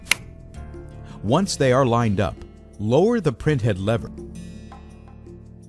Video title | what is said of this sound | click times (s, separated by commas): How to Replace the Datamax A-Class Printhead | you'll hear it when it clicks into place | 0.1 s